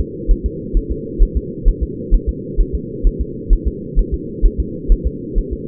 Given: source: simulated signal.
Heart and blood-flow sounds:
fetal heart sounds
0.01 s: S2
0.31 s: S1
0.46 s: S2
0.77 s: S1
0.92 s: S2
1.23 s: S1
1.37 s: S2
1.68 s: S1
1.83 s: S2
2.14 s: S1
2.29 s: S2
2.61 s: S1
2.75 s: S2
3.07 s: S1
3.21 s: S2
3.53 s: S1
3.68 s: S2
3.99 s: S1
4.14 s: S2
4.46 s: S1
4.60 s: S2
4.92 s: S1
5.07 s: S2
5.39 s: S1
5.53 s: S2
From the record:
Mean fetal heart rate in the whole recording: 130 bpm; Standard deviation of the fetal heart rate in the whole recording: 2 bpm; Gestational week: 38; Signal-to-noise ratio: -4.1 dB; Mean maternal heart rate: no maternal heart sound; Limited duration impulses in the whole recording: absent

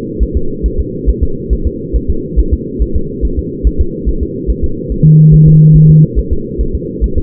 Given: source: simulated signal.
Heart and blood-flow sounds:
fetal heart sounds
0.23 s: S1
0.37 s: S2
0.66 s: S1
0.80 s: S2
1.09 s: S1
1.23 s: S2
1.53 s: S1
1.67 s: S2
1.96 s: S1
2.10 s: S2
2.40 s: S1
2.53 s: S2
2.82 s: S1
2.96 s: S2
3.25 s: S1
3.39 s: S2
3.67 s: S1
3.81 s: S2
4.09 s: S1
4.23 s: S2
4.50 s: S1
4.64 s: S2
4.92 s: S1
5.06 s: S2
5.34 s: S1
5.48 s: S2
5.76 s: S1
5.90 s: S2
6.19 s: S1
6.33 s: S2
6.61 s: S1
6.75 s: S2
7.04 s: S1
7.18 s: S2
From the record:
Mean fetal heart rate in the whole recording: 140 bpm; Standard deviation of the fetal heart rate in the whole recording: 2 bpm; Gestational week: 34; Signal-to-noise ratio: -8.1 dB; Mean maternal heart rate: 72 bpm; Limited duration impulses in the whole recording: present

